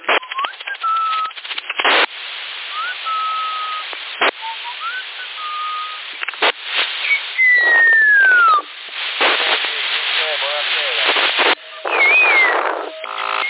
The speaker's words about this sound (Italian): Non sai fischiare no! Sei negato per il fischio. E io? E chi sta fischiando?